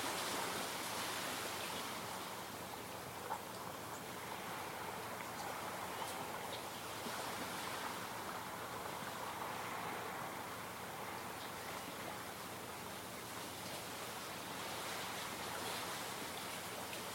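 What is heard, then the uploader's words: Waves lap onto the smooth stones of a Lake Superior shore in a steady, dense wash of hiss and rush. The level barely changes over the whole stretch, with faint clicks and trickles of water on stone scattered throughout and no sharp breaking surges. Waves lap lazily onto the smooth stones of Superior's lakeshore. All of season two was recorded near its rocky shores.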